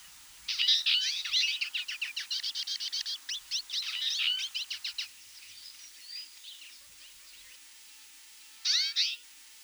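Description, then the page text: Twite producing a rapid, rattling twitter of short chirps for several seconds, then a pause and one final call. Nominate subspecies Acanthis flavirostris flavirostris; recorded in Russia. "Птицы России. Горная чечётка (Acanthis flavirostris flavirostris)"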